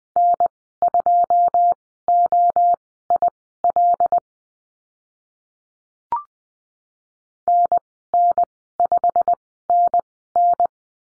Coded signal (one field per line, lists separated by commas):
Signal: Morse code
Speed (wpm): 19 wpm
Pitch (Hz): 700 Hz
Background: none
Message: N2OIL NN5NN